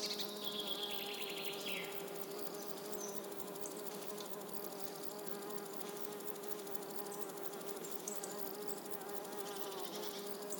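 A steady, dense insect drone fills a warm summer morning, with a buzzing hum holding one low pitch throughout. Thin, high chirps and twitters from birds flicker above it, clustered near the start and again at the end, while the overall level stays even.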